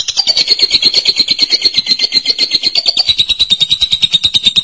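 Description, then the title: Lovebird chatter, shrill and rapidly pulsed, holding a steady high pitch without a break from start to finish. "BM Suara Burung Lovebird"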